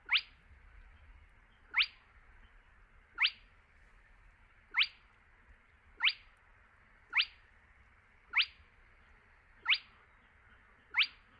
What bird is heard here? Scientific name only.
Porzana porzana